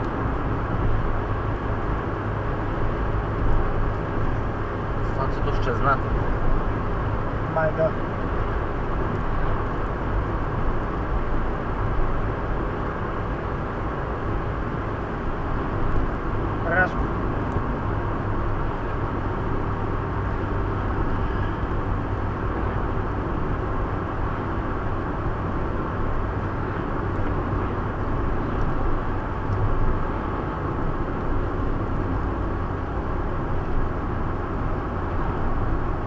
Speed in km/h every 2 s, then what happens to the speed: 98, 98, 99, 99, 98, 97, 97, 97, 96, 93, 91, 90, 90, 90, 89, 86, 84, 84.
0-14 steady at about 98. 14-36 slows to 84.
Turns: none.